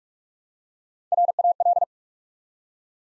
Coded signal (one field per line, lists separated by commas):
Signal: Morse code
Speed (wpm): 44 wpm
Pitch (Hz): 700 Hz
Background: none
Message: RAL